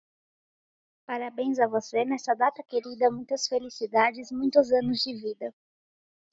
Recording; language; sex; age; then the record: short text; Brazilian Portuguese; female; 30 to 39 years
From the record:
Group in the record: control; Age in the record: 30 years